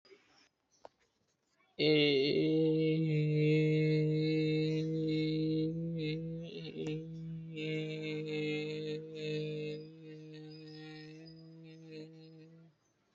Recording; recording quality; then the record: sustained vowel as in made; excellent, no background noise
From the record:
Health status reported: healthy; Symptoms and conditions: none ticked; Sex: male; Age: 20 years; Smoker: not ticked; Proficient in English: yes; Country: India